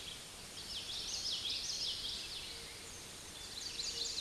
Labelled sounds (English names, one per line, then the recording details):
Common Yellowthroat song
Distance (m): 25 m
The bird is about level with the microphone
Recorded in a Pennsylvania forest on 16 May 2024 at 06:21
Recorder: AudioMoth, point MSD-2453
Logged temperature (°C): 16.3 °C
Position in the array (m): 231 m, 181 m